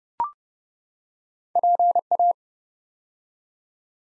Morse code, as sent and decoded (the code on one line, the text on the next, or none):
.--. .-
PA